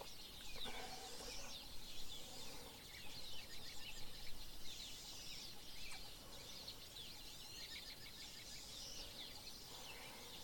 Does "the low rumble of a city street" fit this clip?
no